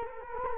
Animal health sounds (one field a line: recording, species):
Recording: mosquito wingbeat signal from an infrared sensor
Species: Culex quinquefasciatus